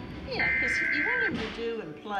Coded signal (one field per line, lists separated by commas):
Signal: Emergency Alert System (SAME) tones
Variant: header bursts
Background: speech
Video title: EAS #284 Severe Thunderstorm Warning